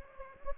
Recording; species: mosquito wingbeat signal from an infrared sensor; Anopheles gambiae